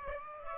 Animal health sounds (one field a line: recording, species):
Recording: mosquito wingbeat signal from an infrared sensor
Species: Aedes aegypti